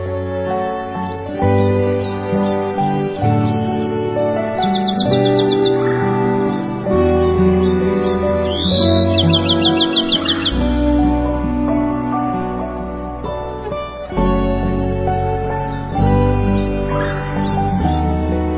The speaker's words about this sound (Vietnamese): Các loài chim quý cất giọng hót líu lo, thánh thót, hát cho mỏm đá nghe những bài hát hay nhất của loài chim.